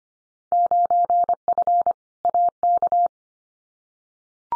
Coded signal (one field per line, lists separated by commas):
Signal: Morse code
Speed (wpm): 25 wpm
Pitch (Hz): 700 Hz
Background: none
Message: 9F AK